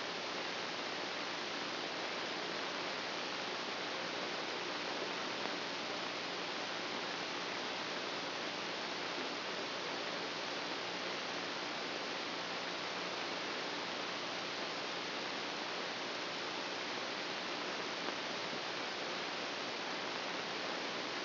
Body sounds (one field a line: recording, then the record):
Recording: brain microelectrode recording played as sound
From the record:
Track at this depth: inside the subthalamic nucleus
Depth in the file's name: 0.139 mm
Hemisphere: right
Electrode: 2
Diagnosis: Parkinson's disease